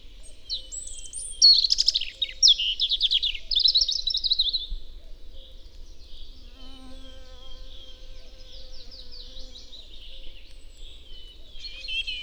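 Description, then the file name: European robin song: quick, high warbled phrases with trills. A brief, lower tonal sound is heard midway, followed by more thin twittering. "Erithacus rubecula"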